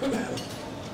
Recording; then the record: coughing mixed with background sound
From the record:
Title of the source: Residual Phlegmy Morning Coughing and Gagging